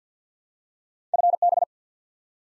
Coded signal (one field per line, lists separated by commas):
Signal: Morse code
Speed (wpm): 50 wpm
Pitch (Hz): 700 Hz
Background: none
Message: FB